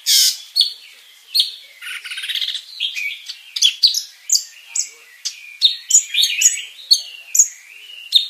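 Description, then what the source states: Greater green leafbird song, opening with a loud burst, then a warbled run followed by crisp, repeated high whistles and chips. Described as a world champion bird singing a full 'isian' repertoire of inserted song phrases while flapping its wings.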